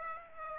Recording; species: mosquito wingbeat signal from an infrared sensor; Aedes aegypti